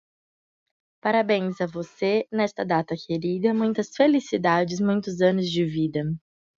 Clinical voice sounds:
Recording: short text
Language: Brazilian Portuguese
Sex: female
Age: 20 to 29 years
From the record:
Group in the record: control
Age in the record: 25 years

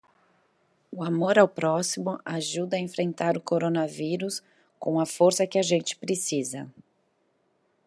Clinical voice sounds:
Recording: spoken sentence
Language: Brazilian Portuguese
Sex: female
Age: 30 to 39 years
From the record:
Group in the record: control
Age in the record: 39 years

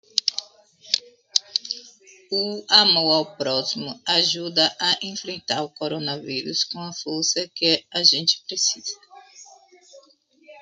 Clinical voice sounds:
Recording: spoken sentence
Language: Brazilian Portuguese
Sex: female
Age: 40 to 49 years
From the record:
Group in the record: control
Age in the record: 42 years

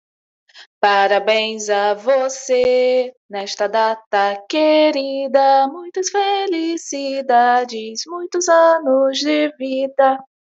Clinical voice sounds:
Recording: short text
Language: Brazilian Portuguese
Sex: female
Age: 30 to 39 years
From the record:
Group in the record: control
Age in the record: 32 years

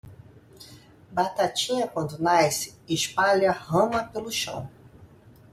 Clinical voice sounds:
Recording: short text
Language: Brazilian Portuguese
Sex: female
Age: 50 to 59 years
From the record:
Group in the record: control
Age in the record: 50 years

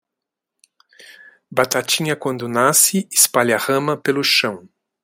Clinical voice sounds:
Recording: short text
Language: Brazilian Portuguese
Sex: male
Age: 50 to 59 years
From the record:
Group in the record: control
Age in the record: 58 years

